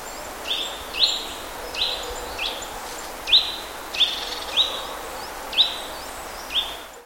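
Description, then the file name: Eurasian nuthatch calling: several clipped, high notes in an irregular series, with steady background hiss. "Sitta europaea"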